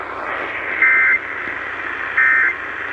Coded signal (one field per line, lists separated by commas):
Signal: Emergency Alert System (SAME) tones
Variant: end-of-message bursts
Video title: Pure Mayhem 8: A Little bit Of Everything. | EAS Alerts from 3/30-4/6/25 | EAS#1,799-1,937